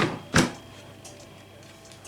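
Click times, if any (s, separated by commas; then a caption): 0.4 s. A mixing bowl is placed back into the base of a Monsieur Cuisine Smart kitchen robot before its washing program. After a softer handling sound at the start, a loud, sharp hit at 0.4 s marks the bowl locking into place. The bowl is properly seated, followed by quiet background.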